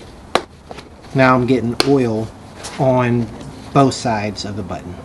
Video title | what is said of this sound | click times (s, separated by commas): Lamson BBQ Tools Three Year Review | Hear that snap? | 0.4 s